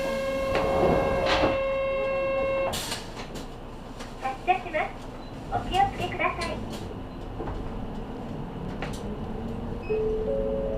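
Inside an idling bus, a steady low engine hum underlies a ringing chime, a sharp air hiss near three seconds, then boarding passengers' scattered clatter.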